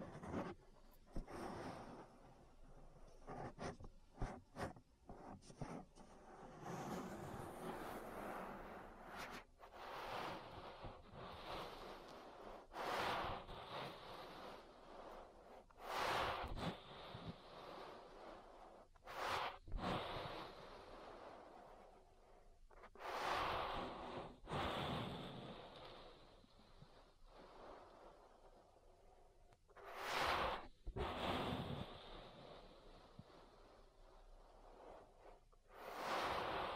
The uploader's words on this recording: ASMR Relaxing Ear Massage. (No Talking).